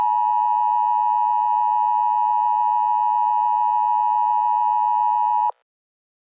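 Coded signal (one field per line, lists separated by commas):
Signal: Emergency Alert System (SAME) tones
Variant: 853 and 960 Hz attention tone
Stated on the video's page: Fictional Illinois weather disaster scenario, not a real alert.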